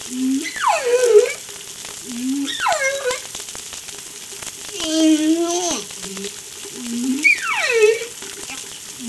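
Whale calls: a series of tonal moans and sweeping whistles, several falling steeply from high to low, others low and gently rising, with a faint steady hum underneath.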